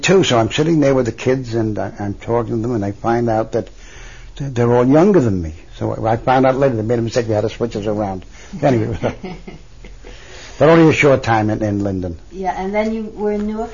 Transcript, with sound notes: So, I'm sitting there with the kids and I'm talking to them, and I find out that they are all younger than me, so I found out later they made a mistake and they had to switch us around. (laughs) Anyway, only a short time in Linden.
And then you were in Newark?